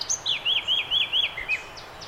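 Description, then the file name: Eurasian blackcap song fragment: several bright, looping whistled notes repeated rapidly in a rhythmic series, then lower notes and soft high chips. "Sylvia atricapilla"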